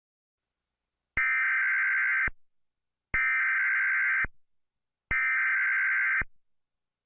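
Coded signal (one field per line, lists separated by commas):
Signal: Emergency Alert System (SAME) tones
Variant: header bursts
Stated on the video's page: Fake, simulated emergency alert, not a real broadcast.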